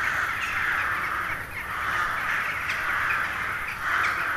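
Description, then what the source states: Crows cawing in a thick chorus, harsh calls overlapping with short lulls, a couple of sharper cries cutting through. Hundreds of crows settling to roost for the night in a poplar wood at Neuflize, in winter at nightfall.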